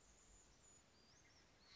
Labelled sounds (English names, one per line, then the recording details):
Brown Creeper
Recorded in Sonoma County, California